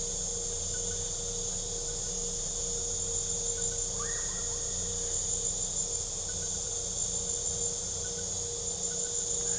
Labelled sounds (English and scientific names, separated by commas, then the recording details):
none
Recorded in pastures near Puerto Asís, Putumayo, Colombia, on 26 December 2024 at 19:30
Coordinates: 0.497, -76.327
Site G088